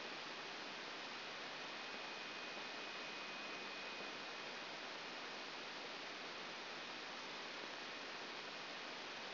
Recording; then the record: brain microelectrode recording played as sound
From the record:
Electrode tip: outside the subthalamic nucleus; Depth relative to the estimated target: -4 mm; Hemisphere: right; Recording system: AlphaMap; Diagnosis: Parkinson's disease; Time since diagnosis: 12 years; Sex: female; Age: 47 years